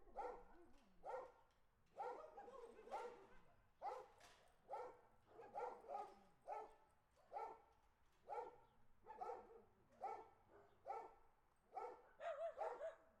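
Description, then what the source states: Dog barking steadily, roughly one bark per second for over ten seconds, each a hoarse woof. Ambient barking dogs on the street.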